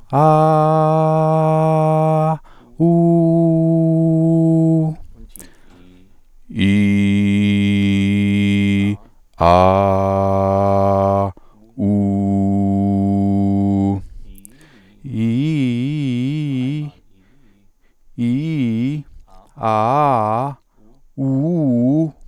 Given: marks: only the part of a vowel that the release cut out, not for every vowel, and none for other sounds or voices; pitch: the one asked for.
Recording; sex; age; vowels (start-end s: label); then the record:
sustained vowels; male; 40 to 49 years
0.37-2.15 s: vowel /a/, high pitch
3.00-4.73 s: vowel /u/, high pitch
6.75-8.74 s: vowel /i/, low pitch
9.73-11.22 s: vowel /a/, low pitch
11.83-13.83 s: vowel /u/, low pitch
18.21-18.80 s: vowel /i/, low-high-low pitch
19.65-20.30 s: vowel /a/, low-high-low pitch
21.21-21.86 s: vowel /u/, low-high-low pitch
From the record:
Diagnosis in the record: functional dysphonia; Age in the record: 40 years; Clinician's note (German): Tendenz zur "Kontaktpachydermie", asymmetrischer Kehlkopf